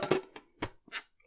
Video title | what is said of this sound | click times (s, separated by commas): The Siege Compact Lantern by Streamlight Review | those the handles out of the way it locks in place okay and then | 0.6 s